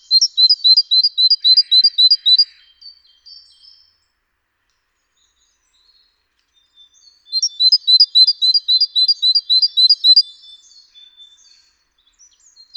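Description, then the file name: Great tit song: two bursts of rapid, high, see-sawing two-note phrases separated by a pause of several seconds, with faint thin notes after the first. "Parus major"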